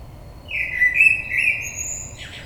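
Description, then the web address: Common blackbird song: a mellow fluted phrase with slight pitch wavers, ending in a brief high, scratchy twitter. Recorded on 22 May 2022. "oiseaux Merle 2022 05 22"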